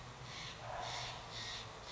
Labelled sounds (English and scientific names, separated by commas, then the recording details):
Steller's Jay (Cyanocitta stelleri)
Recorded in Sonoma County, California